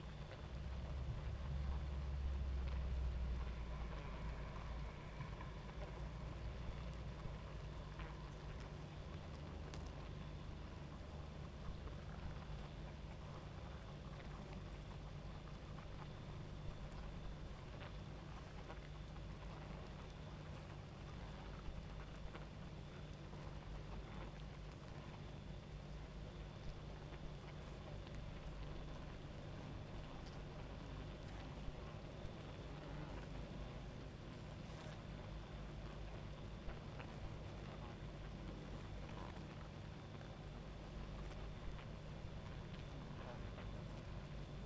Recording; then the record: honeybee colony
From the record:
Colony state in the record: active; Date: 28 July 2017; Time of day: 23:47